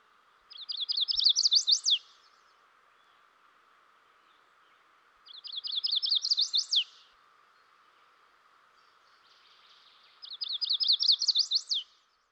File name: dan gibsons solitudes chestnut sided warbler